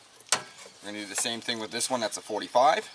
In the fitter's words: push until it clicks